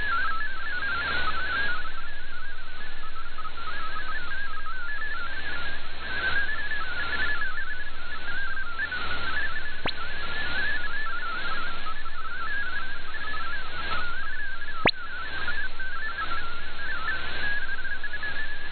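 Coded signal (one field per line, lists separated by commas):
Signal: multi-tone FSK (Olivia or MFSK type)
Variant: MFSK32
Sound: rapid warbling tone hopping among many pitches near 1.5 kHz, continuous, over hiss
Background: radio static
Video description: I precociously prepared to switch to MFSK64 manually, even though it was not required, as well as a switch back to MFSK32.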